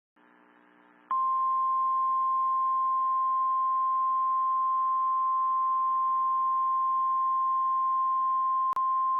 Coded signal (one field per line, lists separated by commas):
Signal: Emergency Alert System (SAME) tones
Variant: 1050 Hz attention tone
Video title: Severe Thunderstorm Warning Oklahoma Noaa Weather Radio Station WXK 85 Oklahoma City Oklahoma 5/8/26